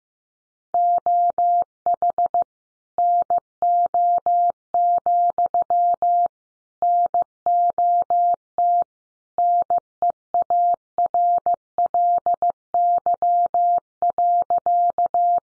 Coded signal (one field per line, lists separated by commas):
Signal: Morse code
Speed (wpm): 14 wpm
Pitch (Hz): 700 Hz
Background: none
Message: OH NO, NOT NEARLY.